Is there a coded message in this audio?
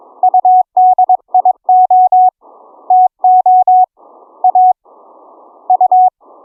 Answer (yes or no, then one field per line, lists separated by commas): yes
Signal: Morse code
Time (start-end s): 0.2-6.1 s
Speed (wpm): 22 wpm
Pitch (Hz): 740 Hz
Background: none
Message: UDIO TO A U